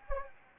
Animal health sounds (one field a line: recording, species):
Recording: mosquito wingbeat signal from an infrared sensor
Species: Anopheles gambiae